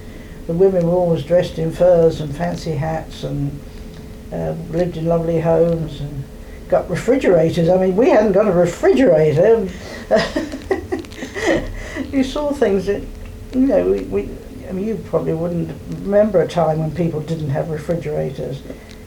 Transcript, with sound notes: The women were :00always dressed in furs and fancy hats an em, lived in lovely homes an got refrigerators! I mean we hadn't got a refrigerator! [laughs]. You saw things that, you know, we, I mean you probably wouldn't remember a time when people didn't have refrigerators.